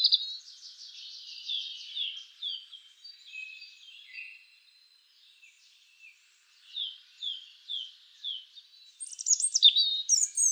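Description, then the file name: European robin singing a series of high descending notes, a brief gap, then separate chirps and a sharp, sweeping high finale. "Erithacus rubecula"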